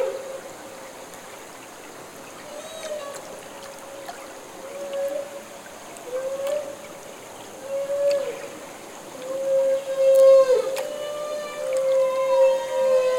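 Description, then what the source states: Humpback whale feeding call: drawn-out, steady tonal notes, quiet at first and growing louder and longer toward the end, with brief breaks between them. Humpback whale call made during bubble-net feeding.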